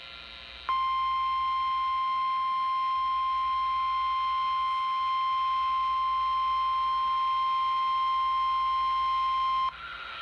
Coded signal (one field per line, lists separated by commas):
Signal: Emergency Alert System (SAME) tones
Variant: 1050 Hz attention tone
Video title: EAS Alert 16, Rair, Human Live Voice